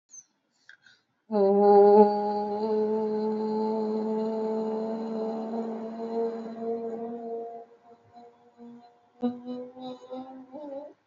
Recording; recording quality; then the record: sustained vowel as in boot; excellent, no background noise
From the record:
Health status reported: recovered from COVID-19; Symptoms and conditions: breathing difficulty, fever, fatigue, muscle pain, asthma, pneumonia, hypertension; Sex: female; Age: 49 years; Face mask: not worn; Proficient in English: yes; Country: India